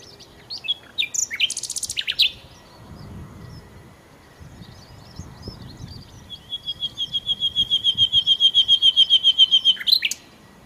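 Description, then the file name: Common nightingale song: brief chirps and a buzzy burst, then a long series of pure whistled notes that swell steadily louder before breaking off. "Nachtigall"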